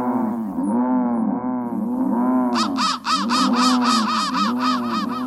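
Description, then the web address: Crow caws, electronically warped into rapid, pitch-bending arched tones that repeat several times a second, with a harsher, brighter layer joining halfway through. Processed crow call, pitch-bent. "soundfactory crow 1"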